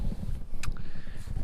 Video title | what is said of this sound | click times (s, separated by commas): Hobie Tandem Island Overview | they lock into place | 0.6 s